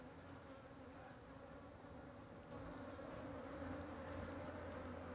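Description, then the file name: Fly wingbeats hum steadily from many insects, a low droning buzz that grows louder halfway through with a faint low rumble underneath. Ambience of many flies flying over something. "Ambiencia de Muitas Moscas Sobrevoando algo"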